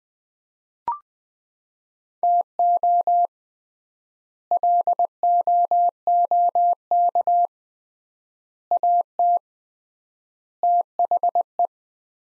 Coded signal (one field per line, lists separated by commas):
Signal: Morse code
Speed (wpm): 21 wpm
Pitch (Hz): 700 Hz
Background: none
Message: TO LOOK AT THE